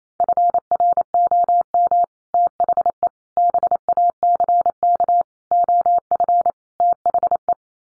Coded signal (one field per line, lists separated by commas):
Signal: Morse code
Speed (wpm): 28 wpm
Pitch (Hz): 700 Hz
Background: none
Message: FROM THE BACK OF THE